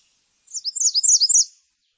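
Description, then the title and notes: American redstart song: a quick run of high, sibilant, slurred notes lasting about one second, clean with no other sounds. "Laura Meyers Photograpy American Redstart Female"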